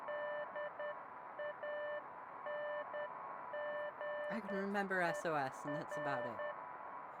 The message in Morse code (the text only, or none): DANGER